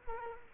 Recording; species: mosquito wingbeat signal from an infrared sensor; Culex quinquefasciatus